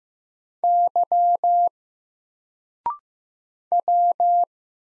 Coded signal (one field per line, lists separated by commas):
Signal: Morse code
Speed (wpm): 15 wpm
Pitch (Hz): 700 Hz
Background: none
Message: Y W